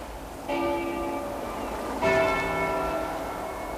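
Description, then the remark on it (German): Two resonant church bell strikes, about a second and a half apart, each leaving long shimmering overtones that hang and slowly fade. No voices accompany the ringing. “Hören Sie das? Glocken. Glocken, Professor.”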